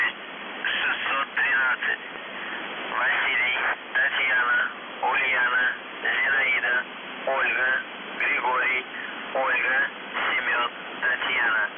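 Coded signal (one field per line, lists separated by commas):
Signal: numbers station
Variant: UVB-76 voice message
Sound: about a dozen short spoken syllables or words, evenly paced, over radio hiss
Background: radio static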